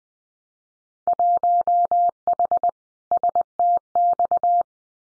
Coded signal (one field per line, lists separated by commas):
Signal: Morse code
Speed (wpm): 20 wpm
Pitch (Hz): 700 Hz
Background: none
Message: 1H STX